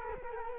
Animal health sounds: mosquito wingbeat signal from an infrared sensor; Culex quinquefasciatus

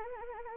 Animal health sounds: mosquito wingbeat signal from an infrared sensor; Anopheles arabiensis

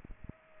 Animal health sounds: mosquito wingbeat signal from an infrared sensor; Aedes aegypti

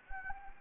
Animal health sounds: mosquito wingbeat signal from an infrared sensor; Anopheles gambiae

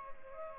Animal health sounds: mosquito wingbeat signal from an infrared sensor; Aedes albopictus

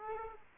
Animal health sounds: mosquito wingbeat signal from an infrared sensor; Aedes aegypti

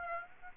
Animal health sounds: mosquito wingbeat signal from an infrared sensor; Aedes aegypti

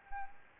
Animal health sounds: mosquito wingbeat signal from an infrared sensor; Anopheles gambiae

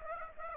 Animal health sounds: mosquito wingbeat signal from an infrared sensor; Aedes aegypti

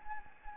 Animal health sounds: mosquito wingbeat signal from an infrared sensor; Anopheles gambiae

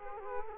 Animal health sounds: mosquito wingbeat signal from an infrared sensor; Culex quinquefasciatus

